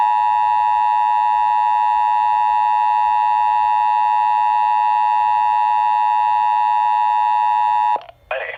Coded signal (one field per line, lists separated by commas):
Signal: Emergency Alert System (SAME) tones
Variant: 853 and 960 Hz attention tone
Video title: NOAA Radio (NO EAS) My First Winter Storm Watch!